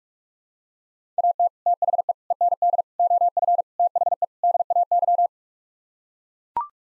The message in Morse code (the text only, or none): AT THE END OF THE DAY